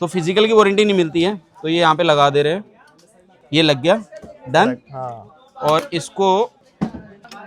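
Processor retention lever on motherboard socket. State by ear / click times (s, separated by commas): not seated / none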